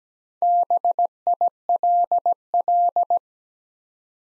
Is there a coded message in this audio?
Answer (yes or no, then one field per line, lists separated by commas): yes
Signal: Morse code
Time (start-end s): 0.4-3.2 s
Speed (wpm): 17 wpm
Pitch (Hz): 700 Hz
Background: none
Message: BILL